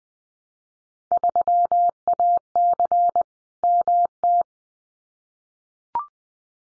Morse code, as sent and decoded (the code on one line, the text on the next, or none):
...-- .- -.-. / -- -
3AC MT